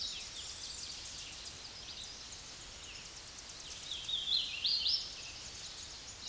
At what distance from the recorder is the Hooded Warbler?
about 20 m